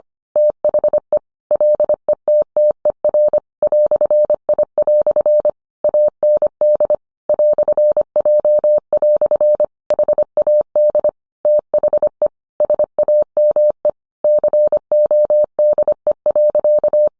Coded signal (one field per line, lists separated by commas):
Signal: Morse code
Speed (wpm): 25 wpm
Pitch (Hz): 600 Hz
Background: none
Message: THE LETTER "I" AND "J" HAD THE SAME CODE.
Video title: 20230730 Will the real inventor of Morse code please stand?